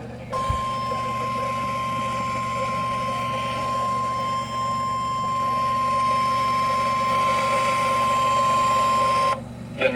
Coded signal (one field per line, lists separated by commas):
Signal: Emergency Alert System (SAME) tones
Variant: 1050 Hz attention tone